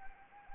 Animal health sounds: mosquito wingbeat signal from an infrared sensor; Anopheles arabiensis

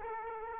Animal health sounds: mosquito wingbeat signal from an infrared sensor; Aedes aegypti

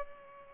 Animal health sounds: mosquito wingbeat signal from an infrared sensor; Culex pipiens

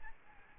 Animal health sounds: mosquito wingbeat signal from an infrared sensor; Aedes albopictus

